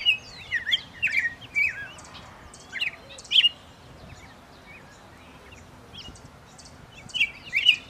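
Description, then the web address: Bird song: bursts of sweet whistled and slurred notes with quick chirps, clustered in short phrases separated by pauses. "lucas passarinho"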